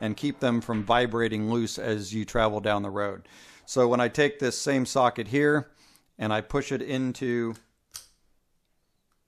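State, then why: Seated. Someone talks, then a 12V plug is pushed into a marine-style power socket, and its grounding pins lock into the socket's indents with a sharp, brief click at 8.0 s. The plug is seated and locked in place, and the click is followed by near silence.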